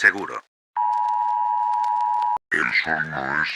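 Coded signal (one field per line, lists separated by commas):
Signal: Emergency Alert System (SAME) tones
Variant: 853 and 960 Hz attention tone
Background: speech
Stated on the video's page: Fictional EAS scenario.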